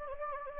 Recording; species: mosquito wingbeat signal from an infrared sensor; Anopheles gambiae